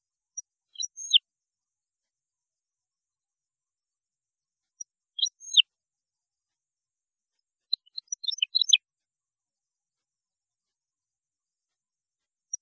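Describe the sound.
European goldfinch giving sparse, high twittering notes in three brief clusters, the last one fuller and more tinkling, with long silent gaps.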